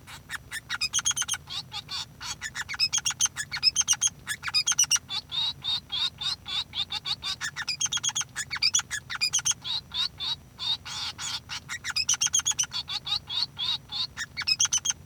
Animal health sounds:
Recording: song of a male Bengalese finch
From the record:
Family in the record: son of father 3

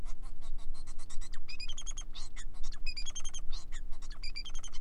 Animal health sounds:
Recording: song of a male Bengalese finch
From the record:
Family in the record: son of father 4

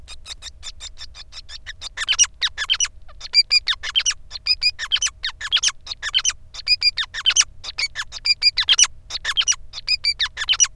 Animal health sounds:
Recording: song of a male Bengalese finch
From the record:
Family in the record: son of father 5

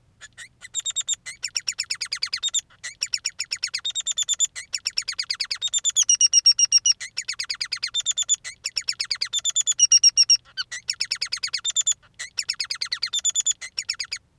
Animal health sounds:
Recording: song of a male Bengalese finch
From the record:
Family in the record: son of father 3

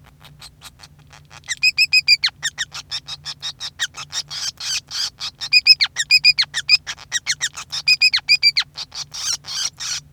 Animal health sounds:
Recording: song of a male Bengalese finch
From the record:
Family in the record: son of father 5

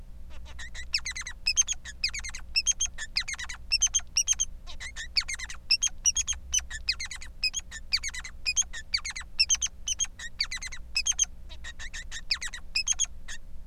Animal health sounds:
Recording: song of a male Bengalese finch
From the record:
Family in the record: son of father 3

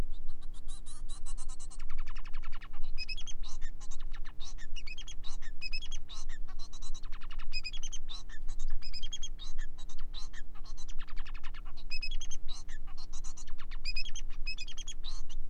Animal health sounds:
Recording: song of a male Bengalese finch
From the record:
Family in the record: son of father 4

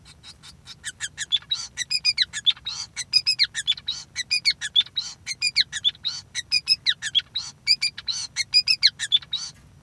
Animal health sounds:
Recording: song of a male Bengalese finch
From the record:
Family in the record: son of father 5

